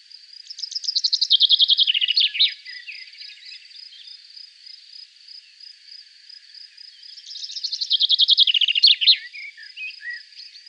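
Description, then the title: Common chaffinch gives two songs, each a fast trill dropping in steps to a terminal flourish, separated by about five seconds of thin, steady high ticking. "Sylvain Jaskowiak - Mes piafs. Pinson des arbres"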